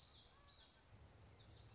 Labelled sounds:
Common Yellowthroat (Geothlypis trichas)
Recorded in Sonoma County, California

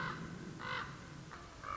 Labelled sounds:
Common Raven (Corvus corax)
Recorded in Sonoma County, California

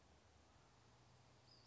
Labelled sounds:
Western Flycatcher (Empidonax difficilis)
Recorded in Sonoma County, California

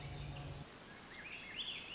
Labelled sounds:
Swainson's Thrush (Catharus ustulatus)
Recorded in Sonoma County, California

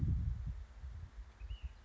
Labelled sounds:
Ash-throated Flycatcher (Myiarchus cinerascens)
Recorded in Sonoma County, California

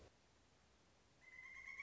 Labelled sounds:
Pileated Woodpecker (Dryocopus pileatus)
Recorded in Sonoma County, California

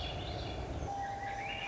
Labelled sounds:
Swainson's Thrush (Catharus ustulatus)
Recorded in Sonoma County, California

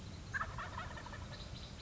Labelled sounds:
Wild Turkey (Meleagris gallopavo)
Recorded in Sonoma County, California

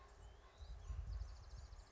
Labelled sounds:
Western Tanager (Piranga ludoviciana)
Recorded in Sonoma County, California

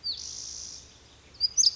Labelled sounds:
Pacific Wren (Troglodytes pacificus)
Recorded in Sonoma County, California

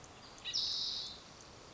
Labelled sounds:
Spotted Towhee (Pipilo maculatus)
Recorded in Sonoma County, California

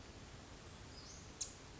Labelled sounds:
Western Flycatcher (Empidonax difficilis)
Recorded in Sonoma County, California

